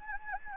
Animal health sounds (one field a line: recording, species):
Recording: mosquito wingbeat signal from an infrared sensor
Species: Anopheles gambiae